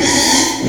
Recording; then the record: squeal of a Yucatan mini pig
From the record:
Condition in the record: before surgery on the right vocal fold (resection and tissue-engineered implant); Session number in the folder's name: 2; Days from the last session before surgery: 0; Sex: male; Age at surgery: 12 weeks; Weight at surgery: 13 kg